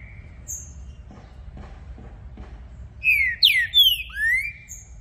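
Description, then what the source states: Green-winged saltator song: a few faint low taps, then a burst of loud, clear slurred whistles, some rising and some falling, near the end. Recording used to warm up a contest bird. The bird is described as a brave male calling, singing and showing male display, switching between many song types to open its song.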